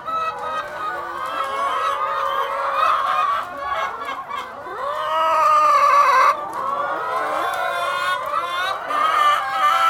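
Chickens clucking continuously, overlapping short clucks and stretched, quavering calls from a group of birds.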